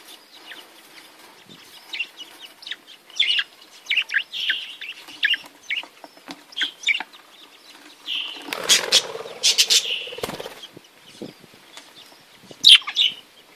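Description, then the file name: Budgerigar warbling chatter, a long stream of buzzy chirps with a burst of wing flapping and rustling midway, then a few sharp squeaks. "Canto do periquitos ingleses"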